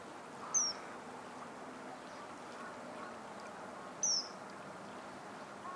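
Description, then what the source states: Bird calls: two sharp, high descending chirps about three and a half seconds apart, over a steady soft background hiss. Birdsong by the waterside along the slowly flowing Tama River in the morning, as clouds turn the colour of the morning sun.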